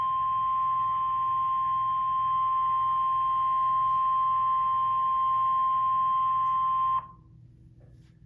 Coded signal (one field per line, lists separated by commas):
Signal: Emergency Alert System (SAME) tones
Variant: 1050 Hz attention tone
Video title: EAS scenario 5 Barney error￼ 4/5 The return of the devil mafia the rise of Barney￼ error￼